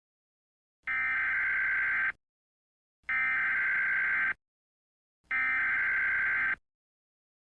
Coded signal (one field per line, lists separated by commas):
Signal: Emergency Alert System (SAME) tones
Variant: header bursts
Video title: EAS Scenario - Miami Hurricane